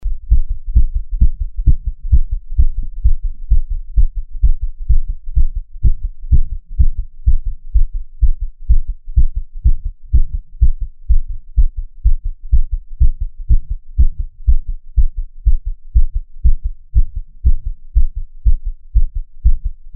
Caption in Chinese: 獻上我的心跳 | Give my Heartbeat。 NO Talking。 每月的心跳聲記錄😊 Monthly heartbeat recording。